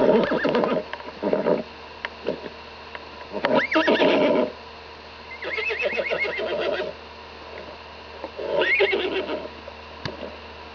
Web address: horse whinny